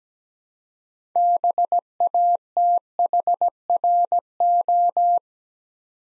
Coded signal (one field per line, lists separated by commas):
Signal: Morse code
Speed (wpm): 17 wpm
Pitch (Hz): 700 Hz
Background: none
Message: BATHRO